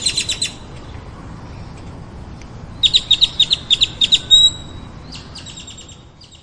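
Bird chirps: a short burst of high notes, a pause, then a quick run of sharp, evenly spaced chirps ending in a thin whistle, followed by softer buzzy notes.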